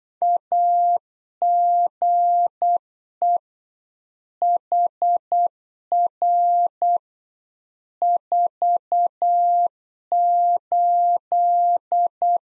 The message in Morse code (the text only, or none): AGE HR 48